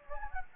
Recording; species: mosquito wingbeat signal from an infrared sensor; Anopheles gambiae